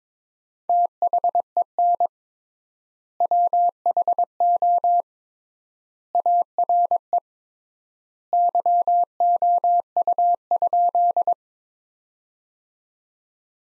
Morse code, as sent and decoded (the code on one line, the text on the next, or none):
- .... . -. / .-- .... --- / .- .-. . / -.-- --- ..- ..--..
THEN WHO ARE YOU?